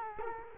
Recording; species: mosquito wingbeat signal from an infrared sensor; Culex quinquefasciatus